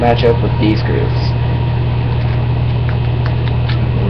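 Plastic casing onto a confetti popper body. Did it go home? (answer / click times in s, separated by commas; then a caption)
yes / 3.3 s, 3.5 s, 3.7 s. A plastic casing is lined up by its grooves and pushed onto a confetti popper body to make an airsoft grenade shell, while someone talks over a steady low hum. Short clicks are heard at about 3.3 s, 3.5 s and 3.7 s as the casing seats fully onto the popper.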